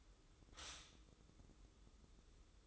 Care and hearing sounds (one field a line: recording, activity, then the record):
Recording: daily activity, microphone in the room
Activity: stop toaster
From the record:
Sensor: 3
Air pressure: 995.2 hPa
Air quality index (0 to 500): 74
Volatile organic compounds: 5 ppm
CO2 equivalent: 1736 ppm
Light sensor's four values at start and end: 19/55/23/20 and 19/55/23/20